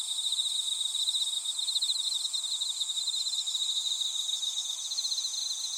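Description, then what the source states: Insect chorus of quick beaded trills over an unbroken high shrill tone, steady from start to finish. Insects calling in a grassy patch.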